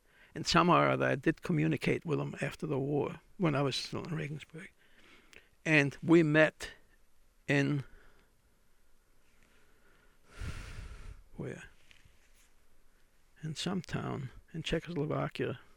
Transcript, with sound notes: And some how or other I did communicate with them after the war, when I was still in Regensburg. And we met (he pauses) where? In some town in Czechoslovakia.